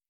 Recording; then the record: hydrophone in a shrimp aquaculture tank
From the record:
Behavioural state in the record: feeding